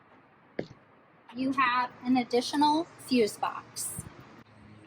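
On a 2021–2025 Lexus LS, the left-side panel of the felted trunk trim cover, which has snap-in points and sits over an additional fuse box, is pulled up by hand. One sharp click sounds at 0.6 s as the panel pops up and releases, and then someone talks.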